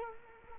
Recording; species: mosquito wingbeat signal from an infrared sensor; Culex quinquefasciatus